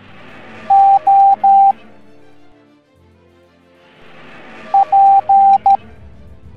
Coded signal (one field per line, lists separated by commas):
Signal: Morse code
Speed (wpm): 13 wpm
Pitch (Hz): 790 Hz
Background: music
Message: O P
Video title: Wither Storm Minecraft Teaching the Morse Code Alphabet Educational Video for Kids